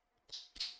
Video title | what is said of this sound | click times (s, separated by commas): Best Anti Aging Hand Cream? | a nice click sound too. | 0.6 s